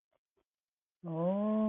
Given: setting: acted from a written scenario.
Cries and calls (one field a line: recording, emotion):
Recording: vocal sound without words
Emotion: realization